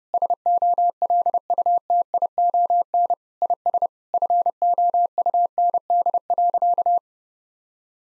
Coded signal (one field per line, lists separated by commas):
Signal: Morse code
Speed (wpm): 30 wpm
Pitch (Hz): 700 Hz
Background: none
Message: SOLUTION IS FOUND.